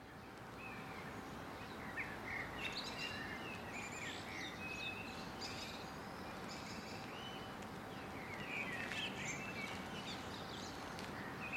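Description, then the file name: Birds chirping and singing together, many short high whistles and trills overlapping throughout, over a steady broad background hiss and a faint low hum. Residential area in the morning. "Surroundresidentialmorningbirds"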